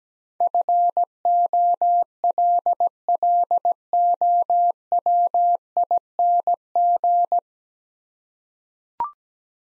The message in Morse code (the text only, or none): FOLLOWING